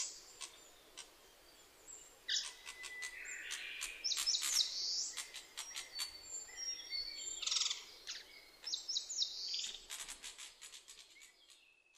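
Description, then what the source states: Narcissus flycatcher song, bursts of rich whistled notes and rising sweeps separated by sharp clicking ticks, with a long flat whistle and steady background hiss. Fighting, recorded 10 May 2010 around 05:54.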